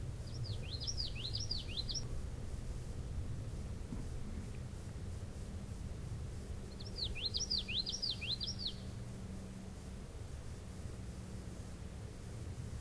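Common yellowthroat song: two bursts of quick, rolling, repeated swooping phrases, about six seconds apart, over a steady low rumble.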